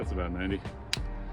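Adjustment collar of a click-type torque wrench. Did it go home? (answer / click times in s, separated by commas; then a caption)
yes / 0.9 s. Someone talks as the handle of a click-type torque wrench, used for a rear brake pad change on a 2018 Subaru WRX, is turned to set its adjustment collar to about 90. A short, sharp click sounds at 0.9 s as the setting clicks into place.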